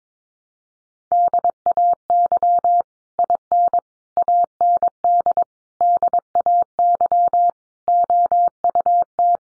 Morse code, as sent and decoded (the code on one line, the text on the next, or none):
-.. .- -.-- / .. -. / .- -. -.. / -.. .- -.-- / --- ..- -
DAY IN AND DAY OUT